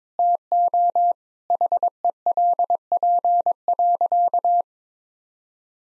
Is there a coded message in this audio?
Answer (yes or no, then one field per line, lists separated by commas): yes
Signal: Morse code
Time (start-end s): 0.2-4.6 s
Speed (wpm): 22 wpm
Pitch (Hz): 700 Hz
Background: none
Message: TO HELP.